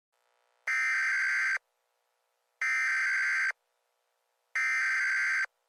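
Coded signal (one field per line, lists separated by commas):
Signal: Emergency Alert System (SAME) tones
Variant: header bursts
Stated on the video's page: Mock EAS scenario with simulated alert tones.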